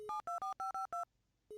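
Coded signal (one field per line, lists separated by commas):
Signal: DTMF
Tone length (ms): 140 ms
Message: 72452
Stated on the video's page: Sound from a 1997 DOS music festival management sim game.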